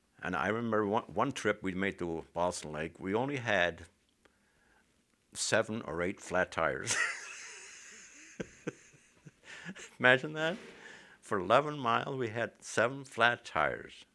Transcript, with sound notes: and I remember one trip we made to Ballston Lake. We only had seven or eight flat tires. ( he laughs ) Imagine that. For eleven miles we had seven flat tires.